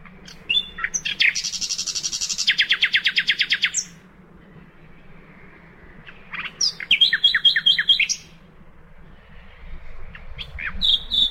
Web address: birdsong nightingale